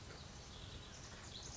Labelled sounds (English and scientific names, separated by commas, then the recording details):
Pacific Wren (Troglodytes pacificus)
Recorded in Sonoma County, California